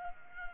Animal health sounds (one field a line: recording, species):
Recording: mosquito wingbeat signal from an infrared sensor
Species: Culex pipiens